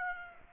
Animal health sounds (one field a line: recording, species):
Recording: mosquito wingbeat signal from an infrared sensor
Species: Aedes aegypti